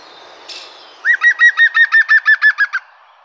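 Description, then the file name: European green woodpecker giving a fast laughing call, a run of about twelve evenly spaced ringing notes, steady then fading slightly at the end. "picus viridis"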